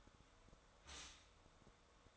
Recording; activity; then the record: daily activity, microphone in the room; stop toaster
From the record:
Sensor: 3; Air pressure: 1014.7 hPa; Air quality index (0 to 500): 193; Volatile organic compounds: 22 ppm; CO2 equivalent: 2754 ppm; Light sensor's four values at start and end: 4/11/4/4 and 4/11/4/4